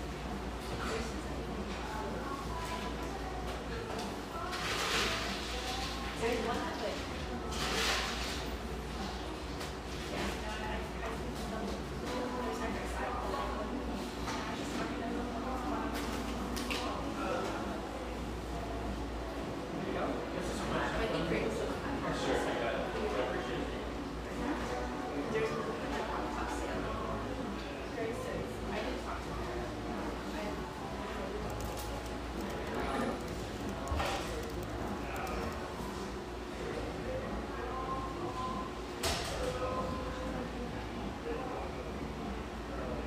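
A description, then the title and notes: Inside a coffeehouse, a steady wash of overlapping conversation fills the room, with a low constant hum underneath. Sharp clinks and clatters of cups and dishes pop up every few seconds, notably near 5, 8, 21 and 39 seconds. Hazelwood, Portland, Oregon.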